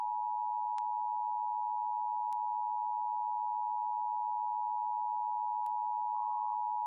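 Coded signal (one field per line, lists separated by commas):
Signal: Emergency Alert System (SAME) tones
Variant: 853 and 960 Hz attention tone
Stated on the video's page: Television station EAS test shown with an old early-2000s EAS slide.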